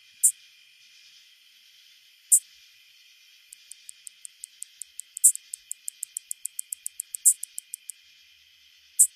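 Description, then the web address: Greater anglewing ticking song with isolated loud high clicks every two seconds and a fast, even series of fainter ticks running for about four and a half seconds between them. "Songs of Insects. Greater Anglewing"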